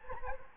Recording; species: mosquito wingbeat signal from an infrared sensor; Anopheles gambiae